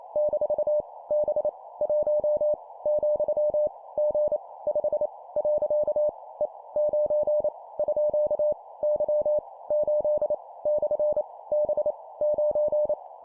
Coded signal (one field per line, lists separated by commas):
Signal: Morse code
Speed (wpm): 28 wpm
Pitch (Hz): 600 Hz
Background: none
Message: - B 1 , G 5 . E 9 _ Y 8 / B 9